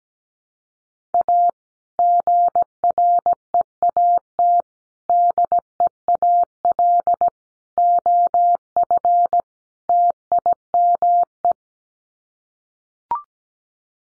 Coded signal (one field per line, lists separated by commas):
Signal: Morse code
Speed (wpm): 17 wpm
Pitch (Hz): 700 Hz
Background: none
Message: A GREAT DEAL OF TIME